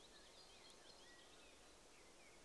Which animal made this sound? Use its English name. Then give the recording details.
Common Chaffinch. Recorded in Germany. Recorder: ecoPi